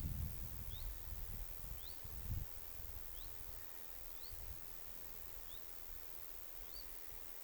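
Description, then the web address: Common chiffchaff calls: six short, rising whistled notes spaced over a second apart, with rustling and low rumble at the start. Two chiffchaffs giving 'hyit' calls, 21 August 2026. "paivat 21 8 2026 kaksi tiltalttilintua hyit-tiltaltteja"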